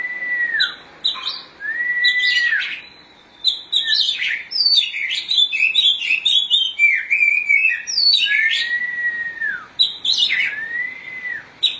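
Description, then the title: Oriental magpie-robin song, a rich run of varied whistles and chirps with several long, slightly arching pure whistled notes between quicker twittering phrases. "Suara Kicauan Burung Kacer"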